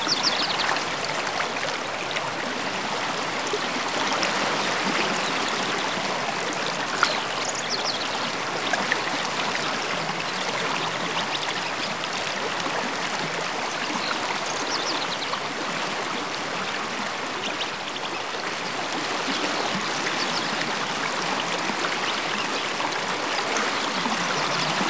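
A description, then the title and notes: A river runs steadily, a dense, even rush of water that hardly changes in level over the whole stretch. A couple of faint, high chirps slip through the flow, around seven and fifteen seconds in. Pure nature-river sound + birds chirping ambience. River + birds chirping ambience.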